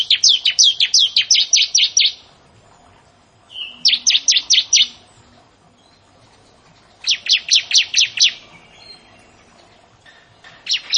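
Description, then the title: Prinia song: repeated bursts of rapid, sharp, high notes sweeping downward, some bursts led by a brief whistle, with silent gaps between phrases. "Ciblek Sawah"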